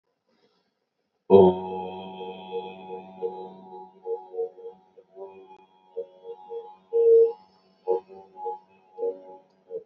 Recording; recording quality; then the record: sustained vowel as in boot; excellent, no background noise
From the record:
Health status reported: healthy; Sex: male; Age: 26 years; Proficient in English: yes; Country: India